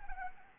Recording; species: mosquito wingbeat signal from an infrared sensor; Anopheles arabiensis